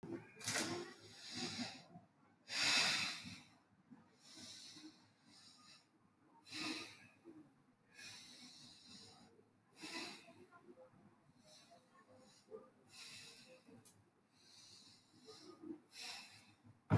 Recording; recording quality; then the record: shallow breathing; excellent, no background noise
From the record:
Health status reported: healthy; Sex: female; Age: 23 years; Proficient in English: yes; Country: India